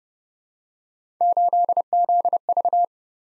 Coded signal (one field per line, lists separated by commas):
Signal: Morse code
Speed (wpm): 30 wpm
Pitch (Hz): 700 Hz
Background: none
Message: 8ZV